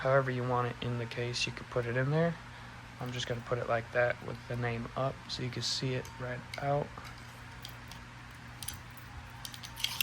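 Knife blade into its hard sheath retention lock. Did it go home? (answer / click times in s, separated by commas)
no / none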